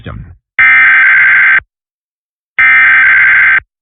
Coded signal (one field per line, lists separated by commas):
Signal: Emergency Alert System (SAME) tones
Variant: header bursts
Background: speech